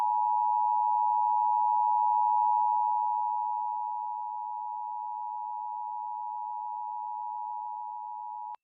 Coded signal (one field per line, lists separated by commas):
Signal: Emergency Alert System (SAME) tones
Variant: 853 and 960 Hz attention tone